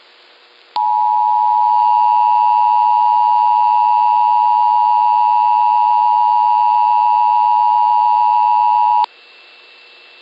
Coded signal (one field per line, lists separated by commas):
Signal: Emergency Alert System (SAME) tones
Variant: 853 and 960 Hz attention tone